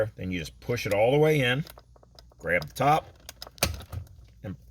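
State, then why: Released. Someone talks while a small screwdriver is pushed through the side access hole against the retaining spring of a 2014 Dodge Durango/Jeep Grand Cherokee steering wheel airbag module, and the top of the airbag is pulled. A few light clicks lead to a sharp pop at 3.6 s as the airbag module releases from its steering wheel spring clip.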